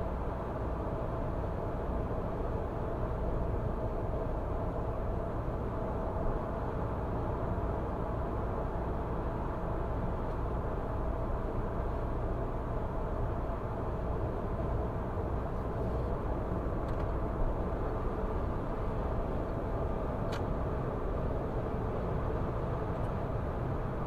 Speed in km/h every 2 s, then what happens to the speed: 105, 105, 105, 106, 106, 106, 106, 106, 106, 114, 118, 119.
0-16 steady at about 106. 16-20 speeds up to 118.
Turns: none.